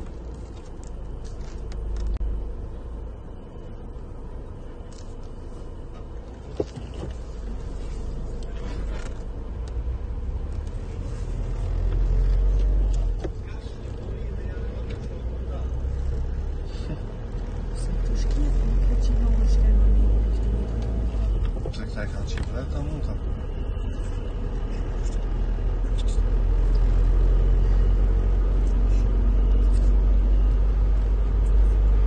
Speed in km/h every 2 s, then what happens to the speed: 0, 0, 0, 0, 0, 0, 0, 4, 5, 6, 6, 7, 32, 34, 36, 37.
0-13 standing. 13-22 steady at about 6. 22-32 speeds up to 37.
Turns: none.